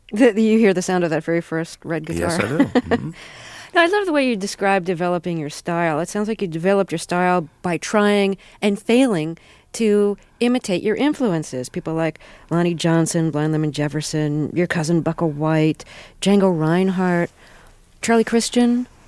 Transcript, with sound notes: You hear the sound of that very first red guitar?
Yes, I do.
(Laughter) Now, I love the way you describe developing your style. It sounds like you developed your style by trying and failing to imitate your influences - people like Lonnie Johnson, Blind Lemon Jefferson, your cousin Buckle White, Django Reinhardt, Charlie Christian.